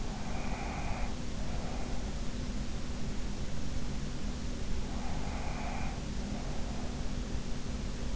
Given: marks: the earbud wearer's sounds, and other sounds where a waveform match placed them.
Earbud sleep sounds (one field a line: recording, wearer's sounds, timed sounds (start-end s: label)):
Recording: sounds in sleep by an in-ear microphone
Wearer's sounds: breath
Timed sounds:
0.00-2.05 s: breath
4.91-7.14 s: breath